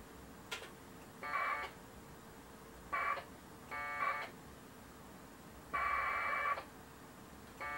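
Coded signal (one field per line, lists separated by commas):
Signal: packet radio (AX.25, as in APRS)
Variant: 1200 baud AFSK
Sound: five short warbling data bursts of varying length, separated by quiet hiss and clicks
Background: radio static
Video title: Packet Radio UNIX shell session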